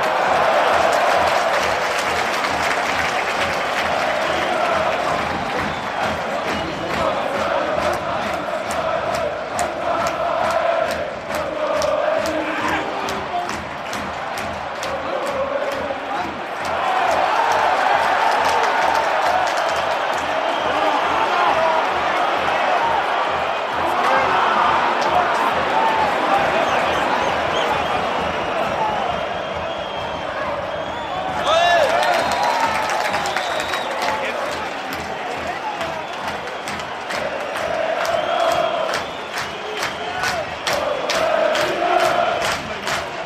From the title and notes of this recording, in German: Und zur Erinnerung die Atmosphäre des Spiels seit dem Ausgleich von Santi Kolk bis zum Schluss.